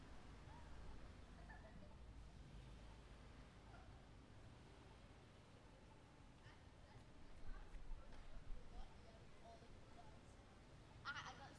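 Pedestrians mill about a city sidewalk over a steady low rumble of traffic, with faint voices, scattered footsteps and clicks, and a sharp clatter near the end.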